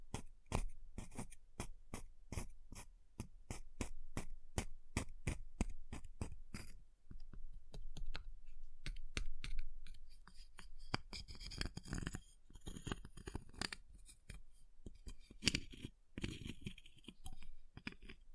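Ice is tapped in a quick, even rhythm of sharp clicks for seven seconds, then scratching and carving follow in irregular, denser bursts.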